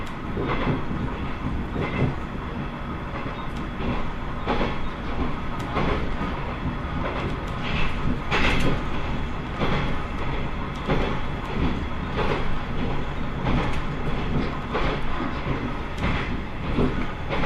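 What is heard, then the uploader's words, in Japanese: A Tenryū Hamanako Railway train runs between Miyakoda and Tenryū-Futamata, with a dense, steady low rumble of wheels and motor throughout. Sharp rail-joint clicks punctuate it every second or two, and a faint high whine rides along on top. 天竜浜名湖鉄道 都田→天竜二俣。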